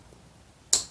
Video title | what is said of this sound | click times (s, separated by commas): BLOKEES Transformers Galaxy Version Series 3 The Autobot Run: Case Opening and Review | and you'll hear it pop to know that you're uh got it in the right spot | 0.7 s